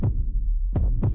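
Deep, muffled thumps of an adult woman's heartbeat, heard as she is asked whether she will be able to maintain her standard of living when she retires: a beat at the start, then a lub-dub pair near the end. The rhythm sounds steady, with a low background hum and no other sounds.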